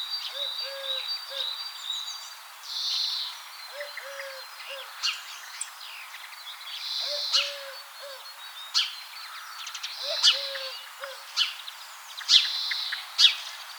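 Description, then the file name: European greenfinch giving drawn-out buzzy wheezes at intervals, mixed with sharp chirps from other birds and soft low hooting notes repeated in short groups. "Chloris chloris"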